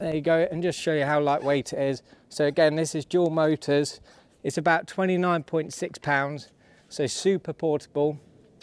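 A man talks while handling a folded Unagi Voyager electric scooter with dual motors, weighing about 29.6 pounds. Its carbon-fiber stem is about to be raised back upright into the deck hinge. Nothing has seated or clicked yet; the folding stem latch has not locked by the end of the clip.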